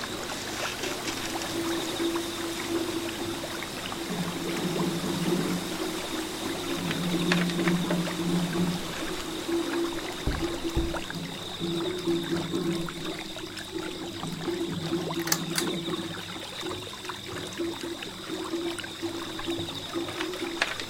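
Water flows in a steady dense rush while low drum tones ring and hum in recurring stretches, with a couple of sharp knocks midway.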